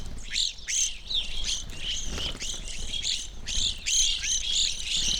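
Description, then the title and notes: Evening grosbeak flock calls: clipped, slurred chirps in quick, uneven bursts from many birds. Flock feeding on sunflower seeds at a feeder hanging from a birch in a backyard, McCloud, Siskiyou County, California; relatively warm winter morning; two microphones either side of the tree trunk. "I recorded this at my home in the small town of McCloud in Siskiyou County, California. It was a relatively warm winter morning, and a flock of Evening Grosbeaks was busily eating a breakfast of sunflower seeds from a feeder hanging from the branch of a birch tree in my backyard."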